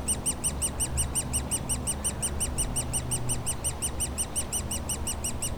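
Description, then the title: Woodpecker nestlings squawking in a quick, unbroken series of thin high notes, with a deep hum underneath. Woodpecker nestlings calling continuously from their cavity at the foot of a dead tree trunk, Bois Saint-Martin near Lognes aerodrome, Noisy-le-Grand, France, planes flying overhead; recorded with DR-40X. "Bois Saint-Martin RH9V+J6 Noisy-le-Grand, France - Oisillons et gros "volatiles" bruyants"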